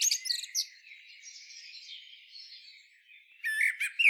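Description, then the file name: Common blackbird with short squeaky chatters at the start and end, with a faint, thin twitter between them. "Turdus merula"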